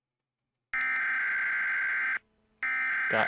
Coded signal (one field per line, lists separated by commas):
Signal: Emergency Alert System (SAME) tones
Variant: header bursts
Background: speech